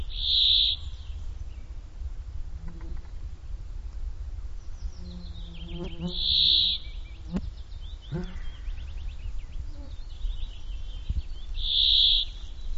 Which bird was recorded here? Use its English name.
Brambling